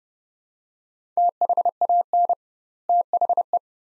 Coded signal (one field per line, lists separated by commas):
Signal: Morse code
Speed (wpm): 30 wpm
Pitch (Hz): 700 Hz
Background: none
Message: THAN THE